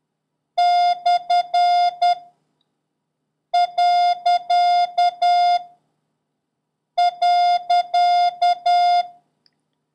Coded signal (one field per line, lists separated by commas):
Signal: Morse code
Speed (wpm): 10 wpm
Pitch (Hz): 710 Hz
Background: none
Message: / . .